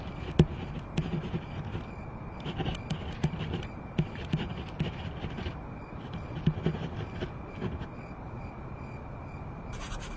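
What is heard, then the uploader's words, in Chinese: Late-night writing and page turning: a steady low murmur runs underneath, with frequent short dry ticks and scratches of a pen every half second or so, clustered around the middle. A faint constant whine holds throughout, and a brief bright rustle comes at the very end. 深夜在宿舍学习 超舒适夜间写字声翻书声。深夜宿舍学习 氛围白噪音。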